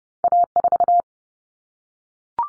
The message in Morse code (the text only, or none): A4